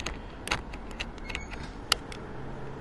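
A camera's quick release plate is fumbled into a claw clamp base, making several small scrapes and light ticks over the first 1.5 seconds. At 1.9 seconds it snaps home with one loud, sharp click, seating the plate in the clamp. The click shows it was not a seamless fit on the first try.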